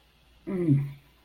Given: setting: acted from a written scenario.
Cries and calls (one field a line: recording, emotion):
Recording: vocal sound without words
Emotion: desire